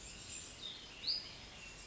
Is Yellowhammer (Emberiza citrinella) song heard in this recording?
no